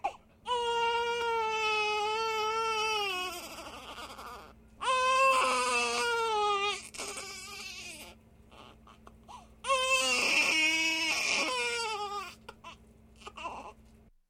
Baby Crying.